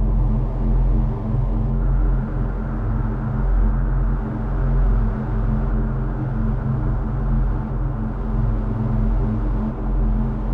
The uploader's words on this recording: Interstellar Ambience. Record the sound of an apartment on a large interstellar ship. The goal is to record an artificial rendering of background ambient sound. Create and record the sound of a future interior space, specifically an apartment on a large interstellar ship.